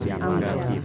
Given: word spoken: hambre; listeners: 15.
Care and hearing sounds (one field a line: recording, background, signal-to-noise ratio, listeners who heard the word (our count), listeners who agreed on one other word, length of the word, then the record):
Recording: one Spanish word in noise, from a listening test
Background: eight-talker babble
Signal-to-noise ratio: -1.9 dB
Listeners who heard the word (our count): 1 of 15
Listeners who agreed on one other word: 6 of 15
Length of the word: 0.45 s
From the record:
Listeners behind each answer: 6, 2, 2, 1, 1, 1, 1, 1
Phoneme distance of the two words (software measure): 31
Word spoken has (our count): 2 syllables, 5 phonemes, stress on syllable 1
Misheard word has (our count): 2 syllables, 5 phonemes, stress on syllable 1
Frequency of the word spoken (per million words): 47.24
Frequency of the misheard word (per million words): 757.45